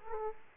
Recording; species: mosquito wingbeat signal from an infrared sensor; Culex quinquefasciatus